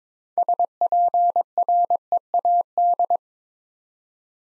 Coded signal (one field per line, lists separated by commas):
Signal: Morse code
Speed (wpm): 22 wpm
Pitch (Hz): 700 Hz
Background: none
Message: SPREAD